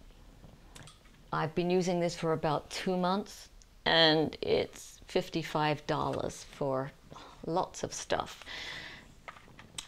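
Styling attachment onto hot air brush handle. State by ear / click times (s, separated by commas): seated / 9.8 s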